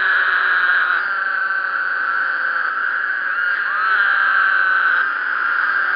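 Woodhouse's toad chorus, a dense, steady, buzzing drone of many overlapping nasal calls, with a few short rising notes standing out near the middle.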